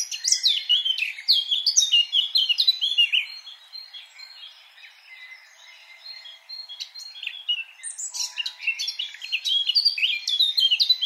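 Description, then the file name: Eurasian blackcap song opens with loud, hurried warbling, fades to soft scratchy twitters midway, then resumes strongly with bright whistled and chattering notes. "Sylvia atricapilla"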